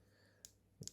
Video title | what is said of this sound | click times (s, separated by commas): Hasbro Comic Series Winter Soldier figure 3.75'' Inch Unboxing and Review! | It doesn't lock in like this. | none